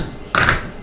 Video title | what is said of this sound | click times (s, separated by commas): Assembly of 99001 Badger Basket Daydream Multi-function Single Doll Pram & Stroller | you're gonna unfold the handle until it goes all the way and clicks into place | 0.4 s